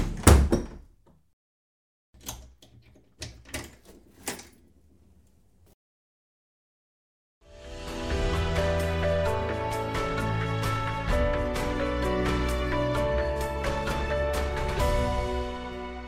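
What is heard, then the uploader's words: A door is handled up close: a heavy thump at the start, then a few short knocks and rattles between about two and six seconds, followed by silence. From around seven seconds a steady, dense rumbling grind with ringing tones runs to the end, like a sliding door rolling. 開關門聲音效. Door Open & Close Sound Effect.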